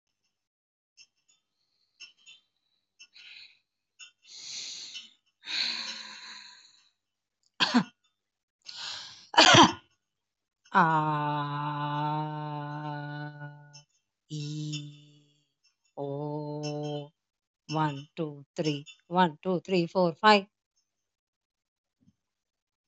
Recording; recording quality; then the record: shallow breathing; excellent, no background noise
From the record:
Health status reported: healthy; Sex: female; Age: 40 years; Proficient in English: yes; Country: India